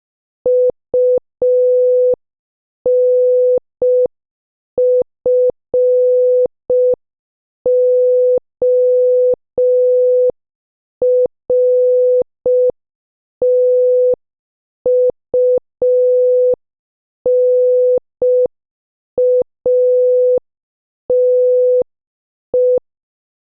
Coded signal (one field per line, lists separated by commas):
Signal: Morse code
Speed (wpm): 5 wpm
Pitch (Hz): 500 Hz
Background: none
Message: UNFORTUNATE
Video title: 13. GUESS THE MOVIE | Morse Code Challenge | Sentence Practice | 5 WPM